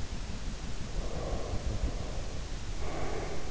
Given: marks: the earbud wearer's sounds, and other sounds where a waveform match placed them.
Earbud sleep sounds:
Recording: sounds in sleep by an in-ear microphone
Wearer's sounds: breath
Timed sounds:
0.87-3.46 s: breath

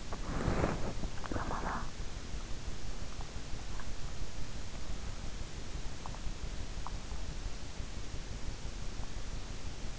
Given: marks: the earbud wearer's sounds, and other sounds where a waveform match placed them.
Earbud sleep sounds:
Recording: sounds in sleep by an in-ear microphone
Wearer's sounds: body movement, talking in sleep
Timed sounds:
0.00-1.15 s: body movement
1.24-1.98 s: talking in sleep

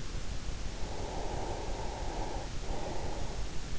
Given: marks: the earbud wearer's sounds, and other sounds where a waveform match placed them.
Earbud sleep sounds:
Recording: sounds in sleep by an in-ear microphone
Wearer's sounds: breath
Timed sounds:
0.96-3.26 s: breath

